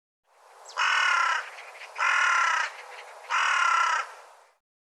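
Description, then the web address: Bird giving three harsh, raspy caws, with a quieter rasping tail after each. "cianscape birddata"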